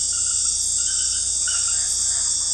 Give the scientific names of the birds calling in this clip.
none